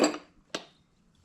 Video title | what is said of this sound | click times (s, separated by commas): Gravely ZT HD-48 Zero Turn 100 Hour Full-Service Oil change! (Kawasaki FR691V Engine) | Heard it click. It's good to go. | 0.5 s